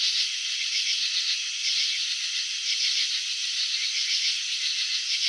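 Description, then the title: Cricket chirping as a dense, steady buzzing trill of fine rapid pulses, high-pitched and unbroken, with no other clear sounds. Crickets chirping, filmed in slow motion; wing vibrations and antenna movements shown. "Crickets in Slow Motion 📷. Capturing the Elegance of Chirping"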